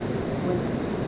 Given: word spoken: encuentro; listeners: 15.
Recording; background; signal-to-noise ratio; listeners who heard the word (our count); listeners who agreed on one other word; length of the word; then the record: one Spanish word in noise, from a listening test; speech-shaped noise; -5.0 dB; 1 of 15; 6 of 15; 0.67 s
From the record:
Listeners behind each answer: 6, 5, 1, 1, 1, 1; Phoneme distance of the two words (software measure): 41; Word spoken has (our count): 3 syllables, 9 phonemes, stress on syllable 2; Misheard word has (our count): 2 syllables, 6 phonemes, stress on syllable 1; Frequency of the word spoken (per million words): 135.81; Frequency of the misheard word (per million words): 45.99